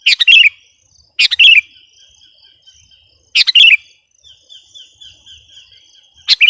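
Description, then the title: Sooty-headed bulbul giving bright, bubbly burst phrases at irregular intervals, trailed by a faint, level whistled tone. "kutilang"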